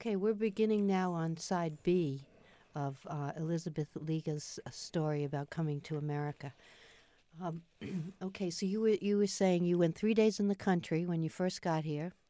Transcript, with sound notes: We're beginning now on side B of Elizabeth Lega's story about coming to America. [clears throat] Okay. So you were — you were saying you went three days in the country when you first got here.